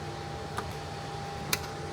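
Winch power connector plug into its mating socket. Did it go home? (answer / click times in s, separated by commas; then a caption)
yes / 1.5 s. A winch power connector plug from a Toyota LC250 winch wiring kit is pressed firmly down into its mating socket after the release button is pressed and the tabs are lined up. A faint tick comes at 0.6 s, then a sharp, louder click at 1.5 s over a low, steady background hum. The plug is seated, pressed home.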